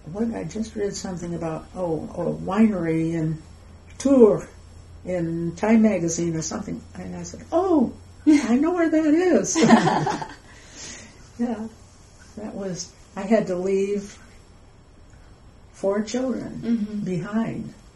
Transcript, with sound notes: I just read something about a winery in Tours in TIME magazine or something and I said “Oh, I know where that is.” [laughs] That was... I had to leave four children behind.